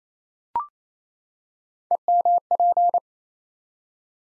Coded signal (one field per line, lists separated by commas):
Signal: Morse code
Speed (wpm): 29 wpm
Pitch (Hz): 700 Hz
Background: none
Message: EMP